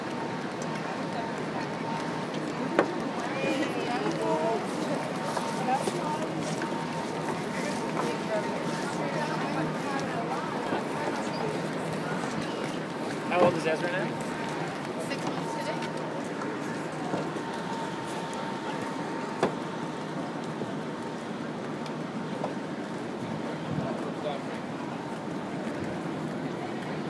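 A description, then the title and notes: A walk along the High Line in New York City, with a steady wash of voices and city noise running throughout. Murmured conversations overlap with a low traffic rumble, and a few sharp knocks or clacks stand out near 3, 13 and 19 seconds. The sound of a walk on The High Line in New York City at High Line Park by David Noël.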